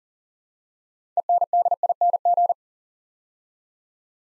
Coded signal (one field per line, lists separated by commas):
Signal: Morse code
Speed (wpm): 42 wpm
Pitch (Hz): 700 Hz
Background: none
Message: ENDING